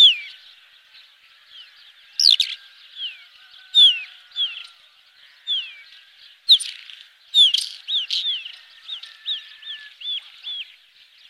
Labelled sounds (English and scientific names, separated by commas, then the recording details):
Isabelline Wheatear (Oenanthe isabellina) song
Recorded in the wild
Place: Damtschik/Wolgadelta, RU
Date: 1998-05-12
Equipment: Dat-Recorder Casio DA 7, Telinga DAT, Telinga-Parabolspiegel
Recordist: Schwarz, Dieter